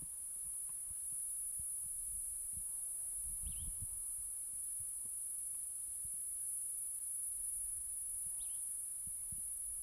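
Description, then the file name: Cicada song as an unbroken shrill buzz holding one high pitch, with low gusty rumble beneath and two short bird chirps. Recorded near Hankey, South Africa, on 17 January 2008. "P catenata nr Hankey"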